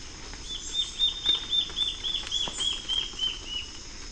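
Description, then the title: Black-faced antbird call: a fast series of short high notes, about four per second, running for several seconds over a steady hiss of insects. Subspecies ochrolaemus, assumed from the location. "LuckyPassaro Completos2Sama. Black-faced Antbird (Myrmoborus myotherinus ochrolaemus (ssp assumed from location))"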